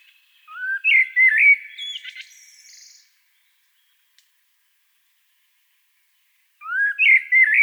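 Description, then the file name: Common blackbird song: a rising mellow whistle and warble followed by high thin twittering, then a pause of several seconds before another warbled phrase. "Turdus merula"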